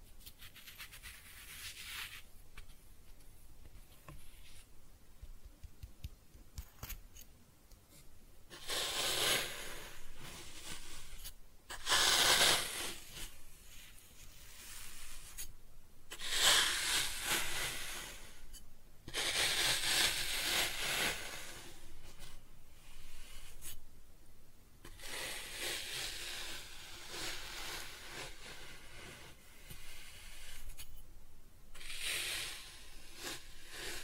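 Kinetic sand being cut and scooped, with soft grainy scrapes and crumbling hisses that come and go in separate bursts. Louder passes cluster around 9–13, 16–20 and 26–33 seconds, with quieter gaps and a few faint ticks between them.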